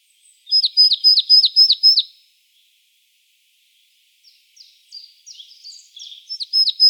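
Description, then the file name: Marsh tit calling: six bright, clipped downward-slurred notes in quick succession, a pause, then soft high twitters building into another rapid note series. "Poecile palustris"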